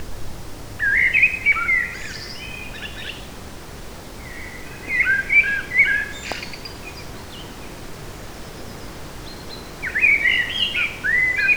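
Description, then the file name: Eurasian blackbird song, fluty warbling phrases ending in thin twitters, delivered in three bouts with several-second pauses, over continuous hiss. Recorded in a forest on 8 July 2018. "180708 blackbird forest"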